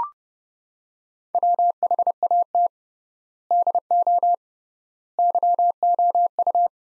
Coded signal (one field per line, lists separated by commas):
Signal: Morse code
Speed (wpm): 30 wpm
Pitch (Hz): 700 Hz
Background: none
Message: WHAT DO YOU